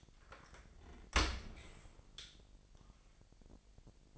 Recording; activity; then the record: daily activity, microphone in the room; open dishwasher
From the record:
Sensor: 5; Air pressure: 1000.6 hPa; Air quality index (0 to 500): 248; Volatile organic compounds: 35 ppm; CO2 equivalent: 3056 ppm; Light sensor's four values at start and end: 31/70/28/26 and 31/72/29/27